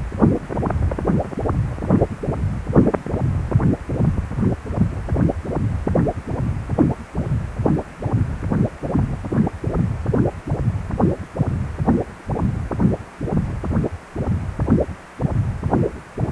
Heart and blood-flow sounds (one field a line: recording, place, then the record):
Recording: Doppler ultrasound of blood flow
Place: precordium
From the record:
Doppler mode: continuous wave and pulsed wave in the uncut recording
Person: healthy adult, 18 to 50 years, no heart murmur, not diving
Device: 2.5 MHz transducer